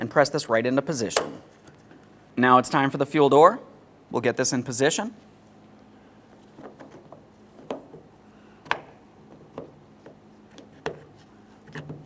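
A fuel filler door for a 2004-2008 Ford F-150 is positioned against the plastic fuel filler pocket hinge while someone talks, followed by light handling taps and a few sharp knocks. The door has not clicked into the hinge yet; nothing has seated.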